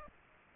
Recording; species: mosquito wingbeat signal from an infrared sensor; Aedes aegypti